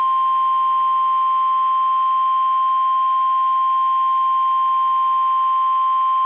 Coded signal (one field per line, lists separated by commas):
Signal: Emergency Alert System (SAME) tones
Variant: 1050 Hz attention tone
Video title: [LIVE VOICE] NOAA Weather Radio - EAS #495 - Severe Thunderstorm Warning - 2/20/14 9:28 PM